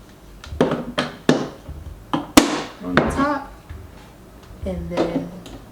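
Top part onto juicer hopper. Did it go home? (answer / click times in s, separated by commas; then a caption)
no / none. Someone talks while handling a plastic top part over the hopper of a juicer, with several short knocks and taps, the sharpest near 2.4 s. The part has not snapped on yet, and nothing has seated or clicked by the end of the clip.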